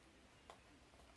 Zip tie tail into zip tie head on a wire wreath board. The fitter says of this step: you'll hear the clicking and it will lock.